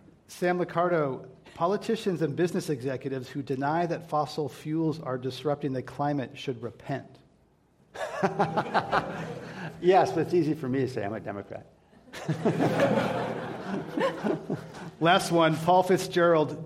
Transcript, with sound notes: Sam Liccardo, politicians and business executives who deny that fossil fuels are disrupting the climate should repent.
[Laughs]
Yes. That’s easy for me to say, I’m a Democrat.
[Laughter]
Last one. Paul Fitzgerald,